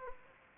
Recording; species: mosquito wingbeat signal from an infrared sensor; Anopheles gambiae